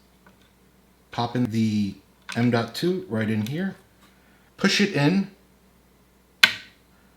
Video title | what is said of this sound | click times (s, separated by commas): How To Build a Gaming PC - Step-By-Step Guide! | You're going to hear a little click like that and then you can just push it down | 6.4 s